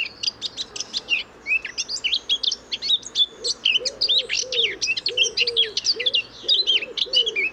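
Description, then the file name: Eurasian blackcap giving a dense, busy warble of high twittering notes, while a dove coos repeatedly at low pitch through the second half. "Sylvia atricapilla"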